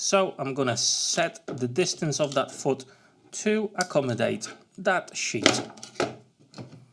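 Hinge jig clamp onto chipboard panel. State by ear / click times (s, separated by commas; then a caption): not seated / none. Someone talks while setting the foot distance of a hinge jig to suit an 18 mm laminated chipboard sheet, with brief handling sounds and a short sharp sound near 6.0 s. The clip ends before the jig's clamp engages onto the sheet, so nothing has clicked or seated yet.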